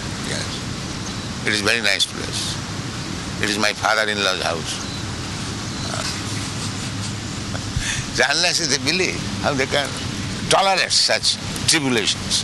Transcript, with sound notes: Yes, it is very nice place. It is my father-in-law's house." [laughs] So unless they believe, how they can tolerate such tribulations?